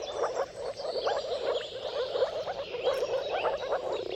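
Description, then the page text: Moor frog chorus of soft, rapid bubbling calls overlapping without pause; a few faint high bird notes drift in the background. Chorus of mating calls from many moor frogs at sunrise, at the turn of March and April, timing depending on the weather. "Dawn’s Chorus: Mating Calls of Marsh Frogs at Sunrise. Depending on the weather at the turn of March and April, you can witness an amazing spectacle of moor frogs. Jakub-Orzecki moor frogs"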